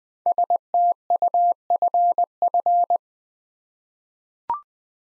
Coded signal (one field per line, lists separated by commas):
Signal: Morse code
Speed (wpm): 20 wpm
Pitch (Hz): 700 Hz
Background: none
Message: STUFF